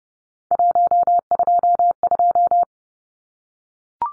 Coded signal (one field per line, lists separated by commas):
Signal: Morse code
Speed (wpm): 30 wpm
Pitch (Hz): 700 Hz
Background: none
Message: 122